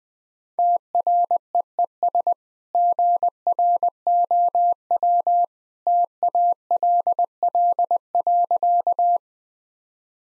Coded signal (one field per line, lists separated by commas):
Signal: Morse code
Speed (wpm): 21 wpm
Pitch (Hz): 700 Hz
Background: none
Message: TREES GROW TALL.